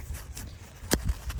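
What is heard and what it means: The two halves of a plastic side-release buckle on a folding wagon's cover strap are pushed together. A sharp click comes at 0.9 s, with softer taps and rustling around it. The buckle snaps shut and holds.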